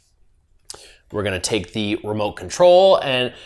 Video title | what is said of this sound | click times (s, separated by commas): How To Correct Your Posture And Have A Passive Workout At Home! - Dorsi Trainer Overview | and there are like little magnets you will kind of feel it click | 0.7 s